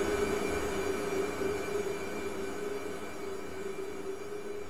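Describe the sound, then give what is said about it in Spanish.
A steady, dense whooshing sound run through a phaser effect, with a hollow metallic hum and faint ringing overtones, holding at an even level before easing slightly toward the end. “Estás escuchando un phaser.”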